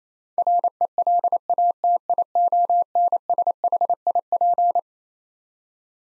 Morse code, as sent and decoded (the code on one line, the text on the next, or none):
.-. . .-.. .- - .. --- -. ... .... .. .--.
RELATIONSHIP